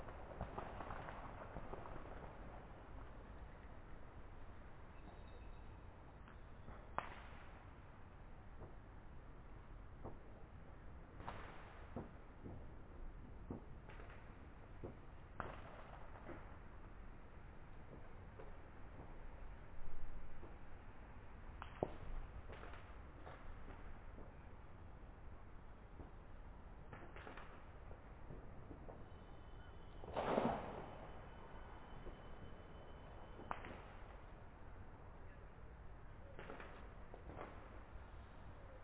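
Fireworks go off along a valley as scattered sharp bangs and cracks, arriving every few seconds at irregular intervals. The strongest bursts land around 20 and 30 seconds. Between them a steady low rumble fills the background, and the sound is muffled with no high treble.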